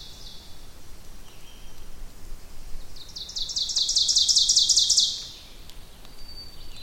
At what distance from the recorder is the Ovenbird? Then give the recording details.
about 20 m. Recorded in boreal forest in Alberta, Canada, on 2 June 2016 at 08:16. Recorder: SongMeter 3, array SBT-3-7. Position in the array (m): 192 m, 1 m. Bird 6